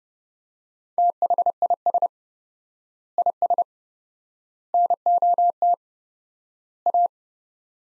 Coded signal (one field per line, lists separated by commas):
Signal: Morse code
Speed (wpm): 32 wpm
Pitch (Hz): 700 Hz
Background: none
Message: THIS IS NOT A